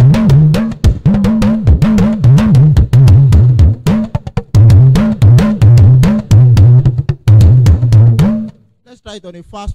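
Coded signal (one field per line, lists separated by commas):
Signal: talking drum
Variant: Yoruba dùndún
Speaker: it means the son that we gave back to you or the daughter we give back to is a good child it's someone that will become a great personality later in the future it means I'm rejoicing with the newborn baby so let's try to play it on the 68 bat on slow 44 bit and fast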